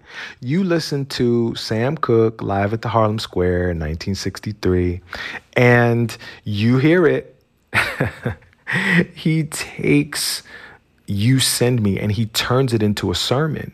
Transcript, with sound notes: You listen to Sam Cooke "Live At The Harlem Square" in 1963, and you hear it. (laughter) He takes "You Send Me," and he turns it into a sermon.